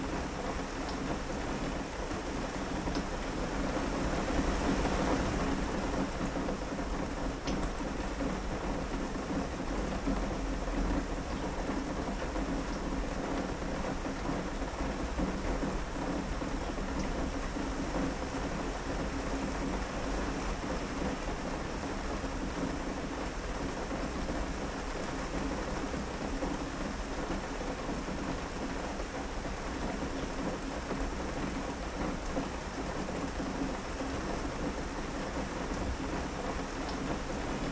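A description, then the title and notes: Steady, dense rain hisses and patters against windows, with a low rumble swelling briefly around five seconds before settling into an even downpour. Midday Rain and Windows - 4 Hour Sleep Sounds and White Noise.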